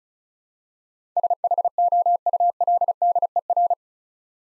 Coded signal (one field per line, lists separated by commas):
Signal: Morse code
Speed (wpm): 36 wpm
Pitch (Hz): 700 Hz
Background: none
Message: SHOULDER